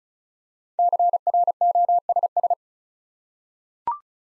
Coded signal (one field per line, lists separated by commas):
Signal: Morse code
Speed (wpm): 36 wpm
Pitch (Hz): 700 Hz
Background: none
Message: CROSS